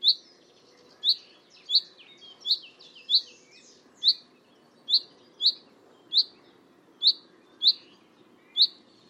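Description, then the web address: Bird calls: sharp, high chirps repeated at irregular intervals of about half a second to a second, over steady background noise. "cianscape birddata Deverinetal 2025 Bird Only"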